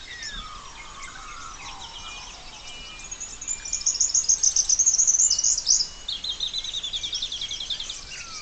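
Splendid fairywren song: a loud, high, rapid reeling trill in the middle, with other birds chirping and twittering in the background.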